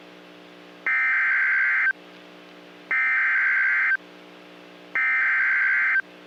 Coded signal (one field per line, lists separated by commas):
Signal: Emergency Alert System (SAME) tones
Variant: header bursts